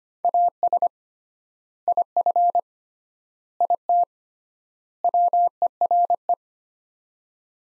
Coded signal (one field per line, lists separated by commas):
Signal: Morse code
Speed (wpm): 25 wpm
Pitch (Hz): 700 Hz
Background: none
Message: AS IF IT WERE